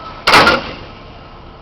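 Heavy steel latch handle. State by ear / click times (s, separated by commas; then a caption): released / 0.3 s. The steel release handle of the fifth wheel coupling on a truck's tractor unit is pulled open, giving one loud metallic clunk at 0.3 s that fades by about 0.6 s. The coupling is now released and set so that it will lock automatically when the trailer is coupled.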